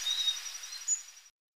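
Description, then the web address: Tyrannulet: thin, very high whistled notes, slightly wavering, over about a second before the sound cuts off. Recorded in Ecuador. "Birds of Ecuador Tyrannulet"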